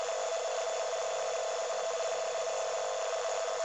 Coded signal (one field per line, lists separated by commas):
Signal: NAVTEX (SITOR-B)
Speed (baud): 100 baud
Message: FROM 0700Z TO 1400Z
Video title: 518 Khz Navtex yayını Sekizgen loop ve RTL-SDR